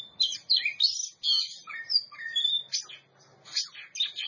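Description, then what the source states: Oriental magpie-robin singing clear whistled phrases with slurred up-and-down notes, brief pauses, then bursts of sharper chirps. Champion songbird.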